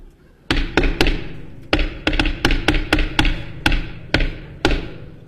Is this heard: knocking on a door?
yes